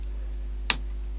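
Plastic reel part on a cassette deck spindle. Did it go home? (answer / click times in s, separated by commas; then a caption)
partly / 0.7 s. A plastic reel part that had popped off is pushed back onto its spindle in the cassette mechanism of a Panasonic RT-680 boombox, giving one sharp, bright click at 0.7 s over a steady low hum. The part clicks back in only partly and is not fully home, so the reel is still faulty.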